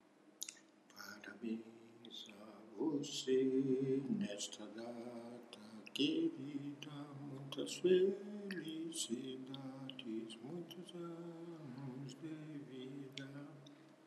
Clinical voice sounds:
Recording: short text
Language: Brazilian Portuguese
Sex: male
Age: 70 to 79 years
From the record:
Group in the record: control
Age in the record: 77 years

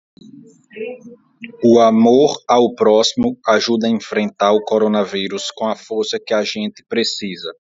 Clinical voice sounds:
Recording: spoken sentence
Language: Brazilian Portuguese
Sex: male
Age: 20 to 29 years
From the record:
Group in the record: control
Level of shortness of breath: 0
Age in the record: 26 years

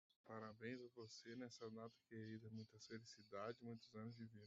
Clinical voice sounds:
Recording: short text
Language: Brazilian Portuguese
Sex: male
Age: 30 to 39 years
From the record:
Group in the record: control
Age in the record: 30 years

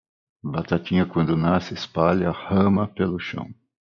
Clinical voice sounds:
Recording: short text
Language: Brazilian Portuguese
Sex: male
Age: 50 to 59 years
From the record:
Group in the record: control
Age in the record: 59 years

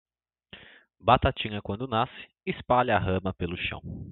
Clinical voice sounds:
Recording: short text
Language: Brazilian Portuguese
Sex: male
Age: 20 to 29 years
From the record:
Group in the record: control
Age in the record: 26 years

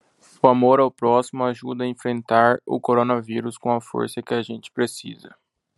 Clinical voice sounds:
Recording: spoken sentence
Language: Brazilian Portuguese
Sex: male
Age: 20 to 29 years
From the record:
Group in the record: control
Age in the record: 25 years

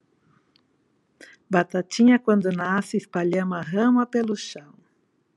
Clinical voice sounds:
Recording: short text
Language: Brazilian Portuguese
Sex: female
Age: 60 to 69 years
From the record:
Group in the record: control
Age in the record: 68 years

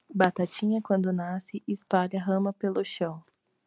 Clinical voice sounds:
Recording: short text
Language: Brazilian Portuguese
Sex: female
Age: 20 to 29 years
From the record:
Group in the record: control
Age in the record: 23 years

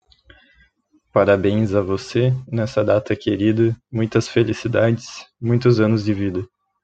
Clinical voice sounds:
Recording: short text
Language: Brazilian Portuguese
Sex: male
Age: 20 to 29 years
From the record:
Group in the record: control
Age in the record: 22 years

